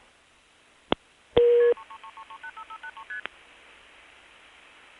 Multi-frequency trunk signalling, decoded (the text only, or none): 3333385583ST